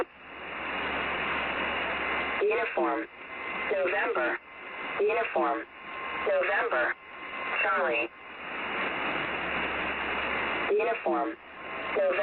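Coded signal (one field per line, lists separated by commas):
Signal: numbers station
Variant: automated female voice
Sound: short clipped spoken words in groups, separated by stretches of loud shortwave hiss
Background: radio static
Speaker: a number station Pirates Was Heard on 6210 khz it began with buzzing tones before an automated female voice read these five figure groups of phonetics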